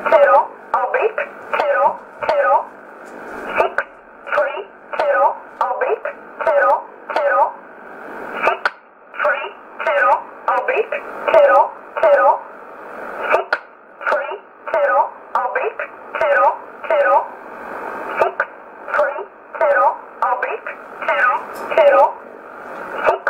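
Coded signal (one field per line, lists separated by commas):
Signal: numbers station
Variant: E11 Oblique, English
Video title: 24 04 2020 E11 Oblique Numbers station in English 0716 on 9963 unknown tx site in USB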